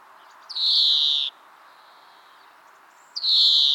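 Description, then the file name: European greenfinch calling two drawn-out, rasping nasal wheezes about two and a half seconds apart. "Chloris chloris"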